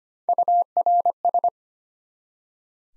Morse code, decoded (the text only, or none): URS